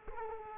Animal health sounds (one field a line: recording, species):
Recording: mosquito wingbeat signal from an infrared sensor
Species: Culex quinquefasciatus